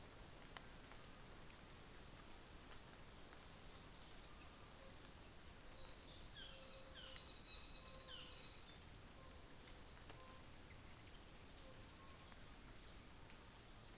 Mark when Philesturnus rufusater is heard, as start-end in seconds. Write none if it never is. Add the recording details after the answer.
6.24-8.91. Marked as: faintness 5/5, faintness 2/5, faintness 4/5. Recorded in New Zealand on 24 December 2018. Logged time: 09:00